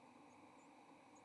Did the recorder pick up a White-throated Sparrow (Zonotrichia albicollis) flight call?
no